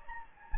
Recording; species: mosquito wingbeat signal from an infrared sensor; Anopheles gambiae